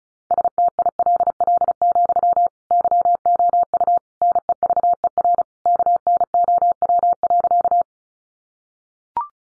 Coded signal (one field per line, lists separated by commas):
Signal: Morse code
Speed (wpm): 34 wpm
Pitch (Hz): 700 Hz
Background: none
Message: STILL, YOU NEVER KNOW.